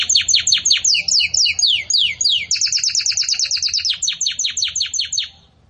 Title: Belíssimo Canto Do Canário Belga Campainha Para Encarte De Filhotes